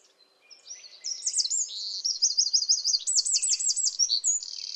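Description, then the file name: Eurasian wren song: after a faint start, a loud, very high, rapid outpouring of sharp notes and fast rattling trills running for about four seconds. "Troglodytes troglodytes"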